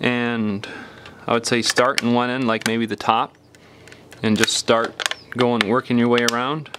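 Someone talks while handling the plastic back cover of an HTC Desire 610 smartphone, getting ready to press it onto the frame starting at the top and working around the edge. Only a few faint handling ticks come through in a pause around 3.6–3.9 s. Nothing has seated or clicked yet.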